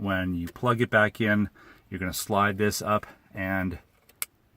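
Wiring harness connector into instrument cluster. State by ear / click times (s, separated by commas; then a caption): seated / 4.2 s. Someone talks while a wiring harness connector is plugged back into the back of the instrument cluster of a 1996 Mercedes C220, and its locking clip is slid up. The clip clicks into place at 4.2 s with a sharp, short snap, and the connector is seated.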